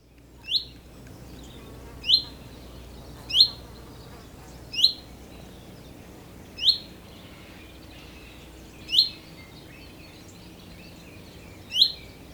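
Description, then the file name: Common chaffinch repeating a bright, abrupt call seven times, roughly every one to three seconds, over a quiet background hum. "Fringilla coelebs"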